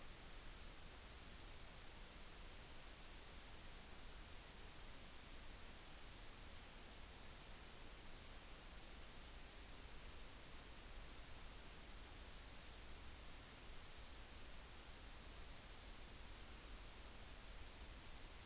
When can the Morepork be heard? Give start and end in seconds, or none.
none